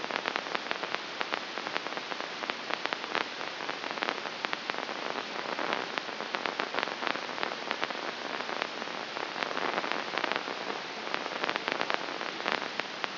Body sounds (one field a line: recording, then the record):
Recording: brain microelectrode recording played as sound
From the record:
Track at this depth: inside the subthalamic nucleus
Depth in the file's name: 1.835 mm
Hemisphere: left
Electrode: 2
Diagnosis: Parkinson's disease